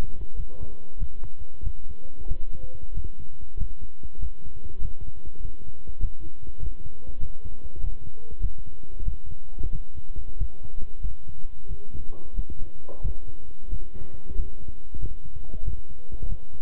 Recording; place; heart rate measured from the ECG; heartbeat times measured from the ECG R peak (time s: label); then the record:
heart sounds by stethoscope; between the tricuspid and mitral areas; 94 bpm
0.35 s: heartbeat
0.97 s: heartbeat
1.62 s: heartbeat
2.26 s: heartbeat
2.92 s: heartbeat
3.56 s: heartbeat
4.18 s: heartbeat
4.80 s: heartbeat
5.40 s: heartbeat
5.99 s: heartbeat
6.58 s: heartbeat
7.18 s: heartbeat
7.79 s: heartbeat
8.40 s: heartbeat
9.03 s: heartbeat
9.70 s: heartbeat
10.37 s: heartbeat
11.00 s: heartbeat
11.66 s: heartbeat
12.34 s: heartbeat
13.00 s: heartbeat
13.68 s: heartbeat
14.34 s: heartbeat
14.98 s: heartbeat
15.63 s: heartbeat
16.27 s: heartbeat
From the record:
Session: walking at 3.7 km/h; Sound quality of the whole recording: good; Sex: male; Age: 26 years